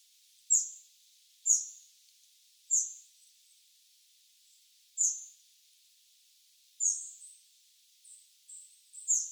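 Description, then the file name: Eurasian wren calling with hard, high clicking notes spaced irregularly, a few softer chips slipped in near the end. "Troglodytes troglodytes"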